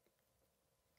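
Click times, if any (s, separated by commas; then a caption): none. A retaining collar clip on the damper shaft of a 2018 FOX 34 Performance Elite FIT4 fork is handled and worked in on the second attempt during a damper service. Faint light ticks and soft handling noises sit over a low background hum, with a slightly louder tap near 1.0 s. Nothing has seated or clicked yet.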